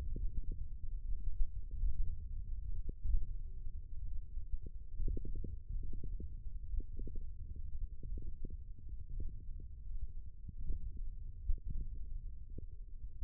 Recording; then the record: forearm muscle sounds (acoustic myography)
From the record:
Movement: index flexion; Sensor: system 1, eight BSWA MPA416 microphones around the upper forearm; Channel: 7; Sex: male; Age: 20 years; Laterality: left